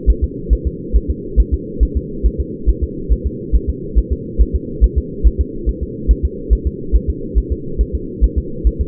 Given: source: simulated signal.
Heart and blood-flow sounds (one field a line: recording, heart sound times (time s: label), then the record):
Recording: fetal heart sounds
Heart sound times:
0.10 s: S1
0.24 s: S2
0.53 s: S1
0.67 s: S2
0.96 s: S1
1.10 s: S2
1.40 s: S1
1.54 s: S2
1.83 s: S1
1.97 s: S2
2.26 s: S1
2.40 s: S2
2.69 s: S1
2.84 s: S2
3.12 s: S1
3.27 s: S2
3.55 s: S1
3.70 s: S2
3.98 s: S1
4.13 s: S2
4.41 s: S1
4.55 s: S2
4.84 s: S1
4.98 s: S2
5.27 s: S1
5.41 s: S2
5.69 s: S1
5.83 s: S2
6.11 s: S1
6.25 s: S2
6.53 s: S1
6.67 s: S2
6.96 s: S1
7.10 s: S2
7.38 s: S1
7.52 s: S2
7.81 s: S1
7.95 s: S2
8.24 s: S1
8.38 s: S2
8.67 s: S1
8.81 s: S2
From the record:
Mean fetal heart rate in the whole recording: 140 bpm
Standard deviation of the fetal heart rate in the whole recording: 2 bpm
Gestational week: 34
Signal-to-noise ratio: -4.3 dB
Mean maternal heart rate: 72 bpm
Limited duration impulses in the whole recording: present